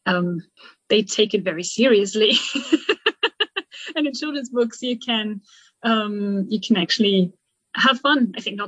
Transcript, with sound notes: Um, they take it very seriously. [laughs] And with children’s books, you can, um, you can actually have fun, I think.